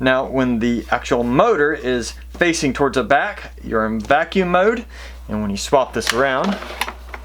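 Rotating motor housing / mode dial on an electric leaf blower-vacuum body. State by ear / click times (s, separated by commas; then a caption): not seated / none. Someone talks while handling the plastic rotating motor housing and mode dial on a WORX WG512 Trivac electric leaf blower and vacuum, which is set up to have its double lever pressed and be twisted from vacuum to blower mode so the dial locks and the mode cannot change by accident. The clip ends before the part goes home, so the mode selector has not yet clicked or seated in its locked position.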